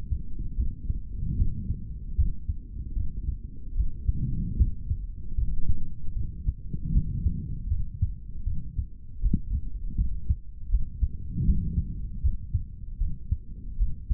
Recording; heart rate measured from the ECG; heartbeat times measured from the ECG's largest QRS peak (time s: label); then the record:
heart sounds by stethoscope; 77 bpm
0.56 s: heartbeat
1.36 s: heartbeat
2.16 s: heartbeat
2.95 s: heartbeat
3.75 s: heartbeat
4.57 s: heartbeat
5.36 s: heartbeat
6.14 s: heartbeat
6.92 s: heartbeat
7.69 s: heartbeat
8.44 s: heartbeat
9.21 s: heartbeat
9.96 s: heartbeat
10.70 s: heartbeat
11.45 s: heartbeat
12.22 s: heartbeat
12.98 s: heartbeat
13.77 s: heartbeat
From the record:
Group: healthy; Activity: rest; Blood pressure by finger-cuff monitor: 128/89 mmHg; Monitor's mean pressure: 100 mmHg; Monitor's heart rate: 78 bpm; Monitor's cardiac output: 3.6 L/min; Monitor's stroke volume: 47 mL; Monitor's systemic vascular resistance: 2040 dyn s/cm5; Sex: male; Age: 55 years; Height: 167 cm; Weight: 57.2 kg